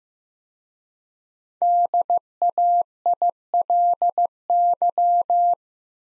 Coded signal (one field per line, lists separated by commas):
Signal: Morse code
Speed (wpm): 15 wpm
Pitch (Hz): 700 Hz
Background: none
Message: DAILY